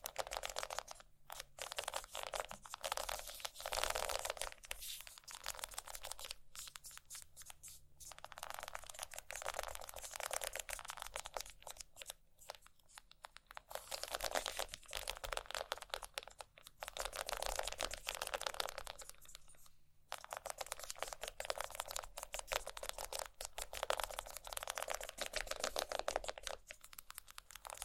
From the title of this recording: ASMR Scratching